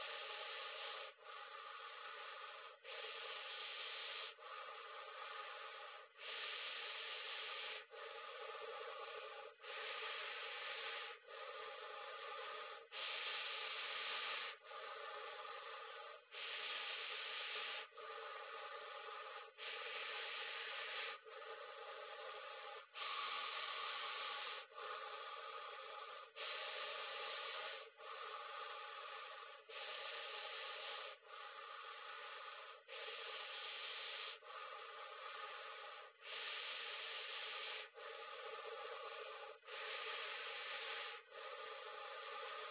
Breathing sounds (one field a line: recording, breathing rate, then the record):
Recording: paced breathing near a phone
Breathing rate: 18 breaths a minute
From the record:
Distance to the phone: 40 cm